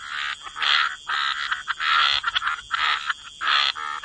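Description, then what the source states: Frogs giving loud, nasal, buzzy croaks in several separate bursts, others calling faintly between, over a thin steady whine. Frog chorus.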